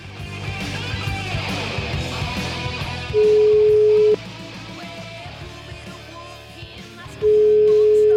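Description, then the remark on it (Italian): Outgoing telephone ringing tone as a call is placed to a trade unionist: two steady, mid-pitched one-second beeps about four seconds apart, louder than the faint music and murmur beneath them. “Io proverei a fare una telefonatina a questo signor Donia”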